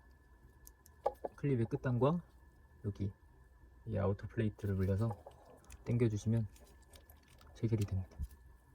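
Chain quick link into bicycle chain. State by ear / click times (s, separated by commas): not seated / none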